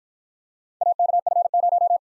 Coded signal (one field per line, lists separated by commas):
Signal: Morse code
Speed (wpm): 50 wpm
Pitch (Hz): 700 Hz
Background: none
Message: AKF0